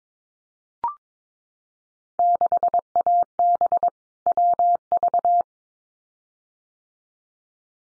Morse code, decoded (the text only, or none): 6AB WV